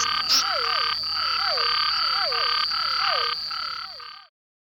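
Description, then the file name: Silver-adorned treefrog: blocky pulsed notes repeated about four times a second, mixed with lower curling notes and a steady high tone throughout. "Scinax Argyreornatus"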